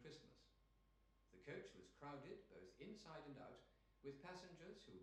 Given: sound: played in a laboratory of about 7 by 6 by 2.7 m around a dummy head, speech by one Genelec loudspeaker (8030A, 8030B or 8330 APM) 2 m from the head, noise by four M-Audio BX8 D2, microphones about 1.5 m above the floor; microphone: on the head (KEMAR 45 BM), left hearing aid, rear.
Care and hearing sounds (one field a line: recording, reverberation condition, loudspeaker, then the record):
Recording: male speech in English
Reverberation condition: medium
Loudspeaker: in front (0 degrees)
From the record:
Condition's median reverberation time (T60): about 510 ms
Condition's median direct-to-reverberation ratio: about -0.5 dB